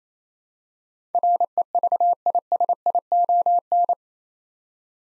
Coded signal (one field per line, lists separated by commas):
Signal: Morse code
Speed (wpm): 28 wpm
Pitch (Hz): 700 Hz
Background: none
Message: REVISION